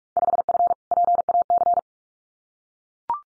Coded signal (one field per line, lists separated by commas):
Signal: Morse code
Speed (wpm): 44 wpm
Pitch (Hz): 700 Hz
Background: none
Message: 5F PAC